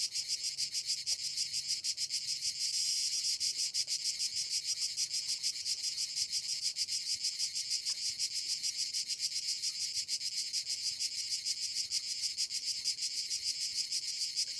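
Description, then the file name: Crickets chirping in a dense, continuous chorus of high, rapid pulses that blend into a shimmering, steady trill throughout. "Crickets Orchestra"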